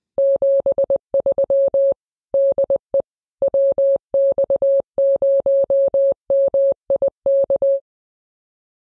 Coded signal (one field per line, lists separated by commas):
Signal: Morse code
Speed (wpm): 20 wpm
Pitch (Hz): 550 Hz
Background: none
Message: 73 DE WX0MIK